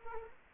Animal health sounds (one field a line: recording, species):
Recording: mosquito wingbeat signal from an infrared sensor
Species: Culex quinquefasciatus